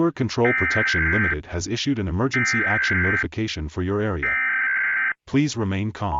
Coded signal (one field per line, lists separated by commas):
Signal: Emergency Alert System (SAME) tones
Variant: header bursts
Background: speech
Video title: SCP-999 EAS Scenario